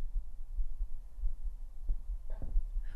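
Soft, muffled low thumps repeat quickly and fairly regularly under a steady low hum, with a few sharper knocks near the end. It is a child's ordinary heartbeat.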